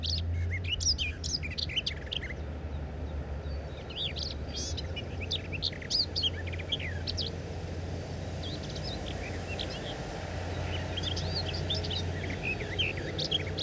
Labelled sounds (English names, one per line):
Common Whitethroat song